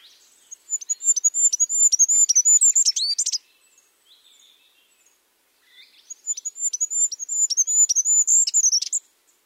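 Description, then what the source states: Goldcrest song: two bursts of very high, thin, rapidly repeated notes, each rising into a quick twittering flourish, separated by a pause of a few seconds. Normal song.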